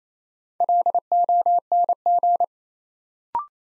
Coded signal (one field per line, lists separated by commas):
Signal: Morse code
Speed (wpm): 27 wpm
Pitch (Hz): 700 Hz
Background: none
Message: LONG